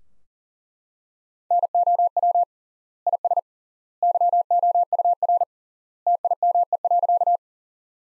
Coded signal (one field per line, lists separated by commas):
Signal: Morse code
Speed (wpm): 40 wpm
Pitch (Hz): 700 Hz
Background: none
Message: NOW IS YOUR TIME.